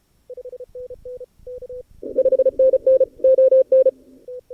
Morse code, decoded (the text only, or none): 5NN ON